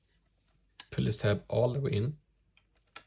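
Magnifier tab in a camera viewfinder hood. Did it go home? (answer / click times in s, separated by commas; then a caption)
yes / 3.0 s. Someone talks while the metal magnifier tab in the folding viewfinder hood of a Yashica 44 twin-lens film camera is pushed all the way in. A sharp click at 3.0 seconds marks the tab locking into place.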